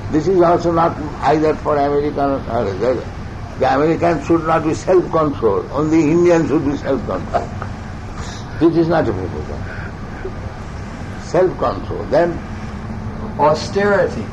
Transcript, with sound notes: This is also not either for American or... "The Americans should not be self-controlled, only Indians should be self-controlled." [laughter] This is not the proposal. Self-control. Then?
Austerity.